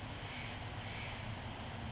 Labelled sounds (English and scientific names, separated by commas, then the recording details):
Western Flycatcher (Empidonax difficilis)
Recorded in Sonoma County, California